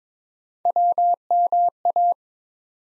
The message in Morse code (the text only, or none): WMA